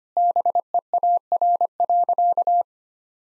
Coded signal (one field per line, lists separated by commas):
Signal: Morse code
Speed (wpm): 25 wpm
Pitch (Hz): 700 Hz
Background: none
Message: BEAR.